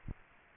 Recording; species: mosquito wingbeat signal from an infrared sensor; Aedes aegypti